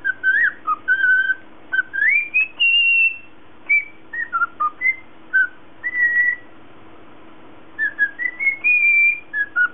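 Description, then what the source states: Cockatiel whistling a melodic phrase with a rising glide into a held high note, then shorter repeated whistles, over a low background hum. Lutino colour variety.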